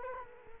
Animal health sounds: mosquito wingbeat signal from an infrared sensor; Culex quinquefasciatus

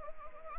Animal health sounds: mosquito wingbeat signal from an infrared sensor; Anopheles arabiensis

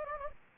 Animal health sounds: mosquito wingbeat signal from an infrared sensor; Anopheles gambiae

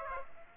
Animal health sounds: mosquito wingbeat signal from an infrared sensor; Aedes aegypti

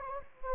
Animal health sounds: mosquito wingbeat signal from an infrared sensor; Anopheles gambiae

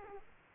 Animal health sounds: mosquito wingbeat signal from an infrared sensor; Aedes aegypti

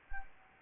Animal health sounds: mosquito wingbeat signal from an infrared sensor; Anopheles arabiensis

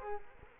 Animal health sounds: mosquito wingbeat signal from an infrared sensor; Culex quinquefasciatus

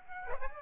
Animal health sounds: mosquito wingbeat signal from an infrared sensor; Aedes aegypti

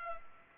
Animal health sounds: mosquito wingbeat signal from an infrared sensor; Culex pipiens

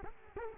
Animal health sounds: mosquito wingbeat signal from an infrared sensor; Culex quinquefasciatus

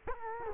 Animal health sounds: mosquito wingbeat signal from an infrared sensor; Culex quinquefasciatus

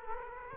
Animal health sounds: mosquito wingbeat signal from an infrared sensor; Culex quinquefasciatus

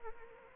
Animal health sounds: mosquito wingbeat signal from an infrared sensor; Anopheles arabiensis

